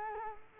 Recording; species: mosquito wingbeat signal from an infrared sensor; Culex quinquefasciatus